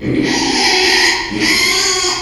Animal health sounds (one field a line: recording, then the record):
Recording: squeal of a Yucatan mini pig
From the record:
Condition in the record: after surgery on the right vocal fold (resection and tissue-engineered implant)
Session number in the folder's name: 2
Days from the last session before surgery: 13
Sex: male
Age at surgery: 12 weeks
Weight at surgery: 13 kg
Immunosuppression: cyclosporine, prednisolone